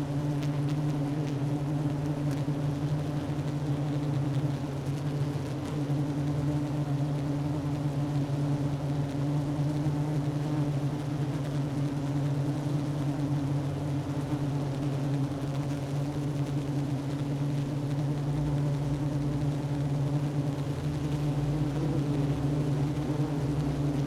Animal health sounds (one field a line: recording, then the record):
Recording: honeybee colony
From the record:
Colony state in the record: active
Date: 12 June 2018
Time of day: 10:26